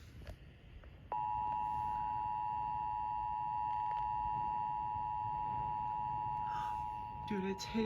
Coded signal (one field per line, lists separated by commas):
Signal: Emergency Alert System (SAME) tones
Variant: 853 and 960 Hz attention tone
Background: speech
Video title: Scholastic Storms II: Midnight Nightmare (EAS Alerts from 4/1/23) EAS #42-#51